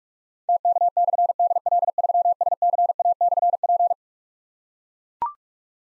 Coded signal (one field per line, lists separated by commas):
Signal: Morse code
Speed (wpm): 44 wpm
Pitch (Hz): 700 Hz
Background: none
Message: TK/DL3SCA/P